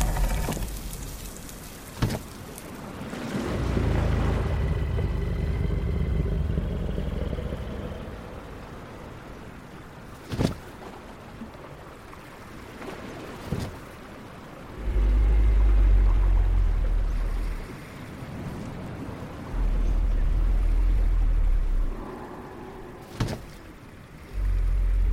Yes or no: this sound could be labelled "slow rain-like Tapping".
no